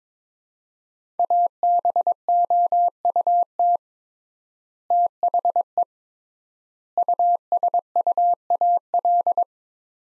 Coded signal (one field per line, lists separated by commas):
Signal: Morse code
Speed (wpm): 22 wpm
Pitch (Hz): 700 Hz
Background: none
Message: ABOUT THE USUAL